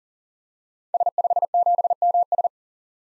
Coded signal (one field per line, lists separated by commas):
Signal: Morse code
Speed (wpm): 40 wpm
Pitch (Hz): 700 Hz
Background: none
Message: S57MS